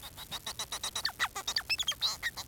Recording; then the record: song of a male Bengalese finch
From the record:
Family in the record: son of father 4